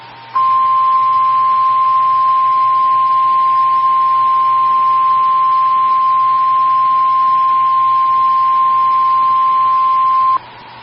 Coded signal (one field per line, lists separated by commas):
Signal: Emergency Alert System (SAME) tones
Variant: 1050 Hz attention tone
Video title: DOUBLE HEADER Severe Thunderstorm Warnings (EAS #225+226)